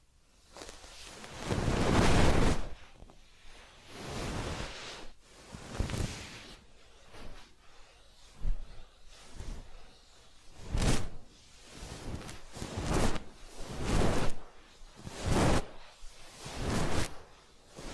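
Soft rubbing and brushing sounds from a massage and ear cleaning, each stroke a bright, airy swish rising and falling in loudness. The strokes come in irregular bursts, a long heavy one near two seconds, then quicker, shorter swipes about every second or two.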